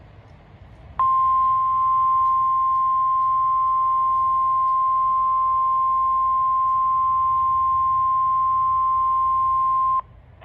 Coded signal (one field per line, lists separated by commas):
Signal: Emergency Alert System (SAME) tones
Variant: 1050 Hz attention tone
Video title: (EAS #343) Tornado Watch #96